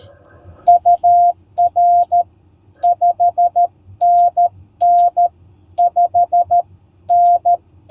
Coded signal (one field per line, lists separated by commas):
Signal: Morse code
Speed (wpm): 13 wpm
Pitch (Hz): 700 Hz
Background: none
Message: UR 5NN 5N